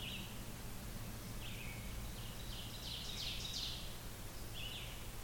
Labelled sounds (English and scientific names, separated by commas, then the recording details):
Ovenbird (Seiurus aurocapilla) song
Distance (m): 75 m
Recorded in boreal forest in Alberta, Canada, on 16 June 2016 at 05:31
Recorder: SongMeter 3, array SBT-3-32
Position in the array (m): 108 m, 140 m
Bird 37